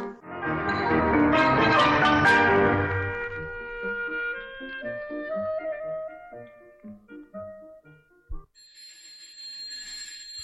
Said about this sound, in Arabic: طيب يا اللي بتضرب الجرس، طيب طيب دي طيب.